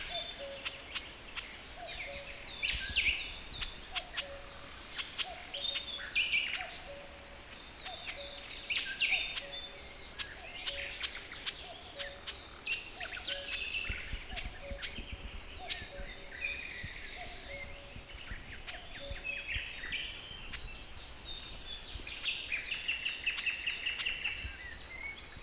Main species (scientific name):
Sylvia borin